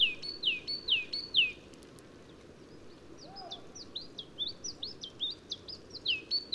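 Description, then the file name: Great tit giving repeated falling whistled notes, then a pause before the down-slurred notes return, growing louder. "Parus major"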